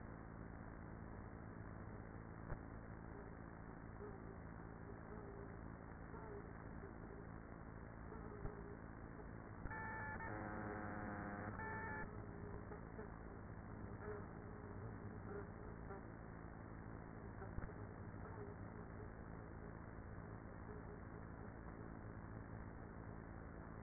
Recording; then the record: honeybee colony, microphone inside the hive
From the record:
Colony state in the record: queenless with a low population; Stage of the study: after two queens were removed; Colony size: about 30,000 bees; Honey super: no